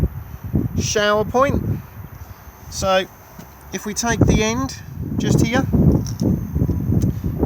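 Someone talks while handling the end connector of a shower hose for the external shower socket on a Caravelair Antares 485 caravan, showing its locating notch before plugging it in. Only light handling knocks and taps are heard over faint outdoor background noise. Nothing has seated or clicked into place yet.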